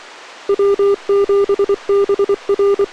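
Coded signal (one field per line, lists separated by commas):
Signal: Morse code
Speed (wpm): 24 wpm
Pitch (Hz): 1200 Hz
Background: none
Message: W7BR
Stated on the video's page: Idaho ERC net training session on Church emergency communications.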